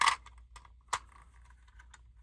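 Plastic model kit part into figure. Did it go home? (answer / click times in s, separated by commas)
no / none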